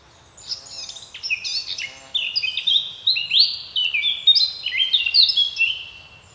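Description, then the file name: Eurasian blackcap song: a soft chatter leading into a sustained, rich warble of loud fluty whistled phrases, varied in pitch, fading at the end. "Sylvia atricapilla"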